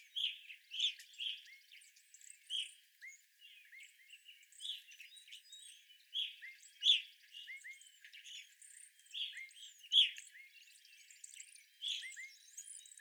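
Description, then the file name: Evening grosbeak calls, sharp chirps and softer chatter, with faint buzzy trills in the background. Evening grosbeaks, 25 April 2021. "2021-04-25 Evening Grosbeaks"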